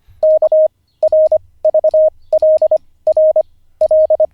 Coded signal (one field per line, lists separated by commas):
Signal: Morse code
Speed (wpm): 24 wpm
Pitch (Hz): 620 Hz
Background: radio noise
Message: K R V L R L